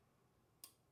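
The de-clumper assembly of a Mazzer Major V Electronic coffee grinder is turned back into place in the grinder body after cleaning. It gives a single short, sharp, bright click at 0.6 s against an otherwise quiet background. The click shows the de-clumper is seated and the grinder is back and working.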